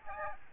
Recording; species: mosquito wingbeat signal from an infrared sensor; Aedes aegypti